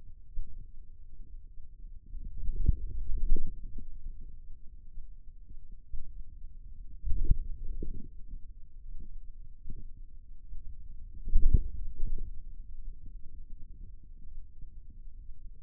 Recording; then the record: forearm muscle sounds (acoustic myography)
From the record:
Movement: outward rotation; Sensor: system 2, bracelet of six BSWA MPA416 microphones around the upper forearm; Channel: 3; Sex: male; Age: 22 years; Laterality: right